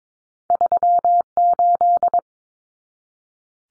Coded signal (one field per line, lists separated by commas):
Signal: Morse code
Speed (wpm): 22 wpm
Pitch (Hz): 700 Hz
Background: none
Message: 38